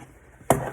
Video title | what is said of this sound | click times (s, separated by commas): Check Out What I Got for my Shows!! | because if you get it in the right alignment, it just pops right in. | 0.5 s